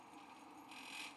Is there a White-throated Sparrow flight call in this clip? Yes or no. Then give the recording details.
no. No flight call is heard. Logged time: 10:40 on 5 December 2014